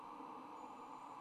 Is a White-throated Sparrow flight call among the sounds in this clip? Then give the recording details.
no. No flight call is heard. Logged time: 02:25 on 26 November 2014